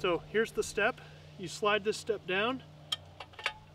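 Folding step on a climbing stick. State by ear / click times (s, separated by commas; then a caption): released / 2.9 s. Someone talks while the folding step on an XOP Short Climbing Stick is slid down out of its locking position. A sharp click at 2.9 s marks the step unlocking, followed by a few fainter clicks and taps as it is released.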